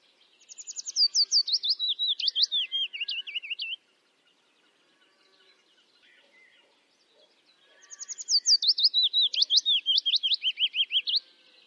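Bird song: two fast phrases of sharp, slurred whistled notes that tumble downward in pitch, each lasting about three seconds, with a quiet pause between them.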